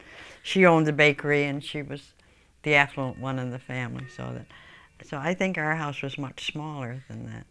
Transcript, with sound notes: She owned the bakery and she was the affluent one in the family (a clock chime can be heard in the background) so that, so I think our house was much smaller than that.